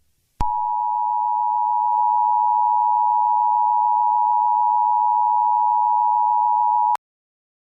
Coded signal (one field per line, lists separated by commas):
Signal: Emergency Alert System (SAME) tones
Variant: 853 and 960 Hz attention tone